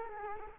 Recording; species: mosquito wingbeat signal from an infrared sensor; Culex quinquefasciatus